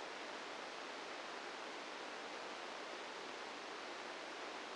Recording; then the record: brain microelectrode recording played as sound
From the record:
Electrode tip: outside the subthalamic nucleus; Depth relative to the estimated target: 3 mm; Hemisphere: right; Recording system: NeuroSet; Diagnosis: Parkinson's disease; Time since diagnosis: 9 years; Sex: female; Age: 51 years